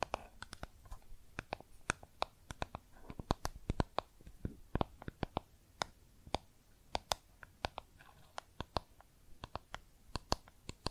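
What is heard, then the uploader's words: Makeup packaging is tapped with fingertips and nails in quick, uneven bursts of sharp, bright clicks, several per second, with brief pauses between clusters. The sounds are crisp, set against a quiet, faint hiss with soft scratchy rustling underneath. ASMR Makeup Tapping & Scratching Sounds (No Talking).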